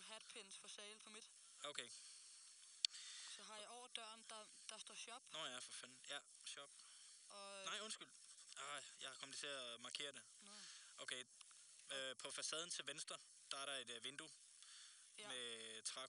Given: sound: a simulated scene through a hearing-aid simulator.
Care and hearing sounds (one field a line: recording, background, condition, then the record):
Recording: conversation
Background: quiet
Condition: 75 dB SPL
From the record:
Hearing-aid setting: II (fast-acting compression, audibility-based gain, advanced features for about 2.5 dB of SNR improvement)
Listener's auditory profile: B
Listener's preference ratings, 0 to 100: 64, 89, 85